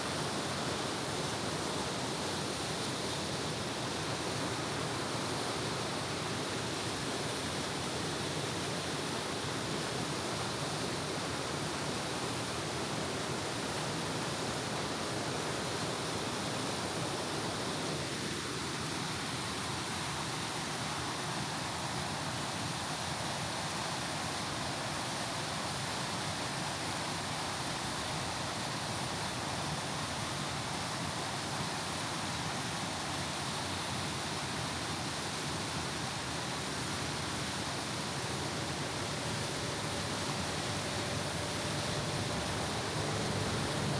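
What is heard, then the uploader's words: An outdoor waterfall roars steadily, a dense, unbroken wash of rushing water that stays at the same full loudness throughout. Around eighteen seconds a faint falling hum, like an engine, slides in beneath the water and lingers until near the end. Ext Waterfall - Stream - Upstate NY by Bandeto.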